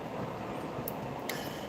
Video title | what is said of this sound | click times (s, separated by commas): E-bikeguy is live! | and you hear that click that click is good that click all right | 0.9 s, 1.3 s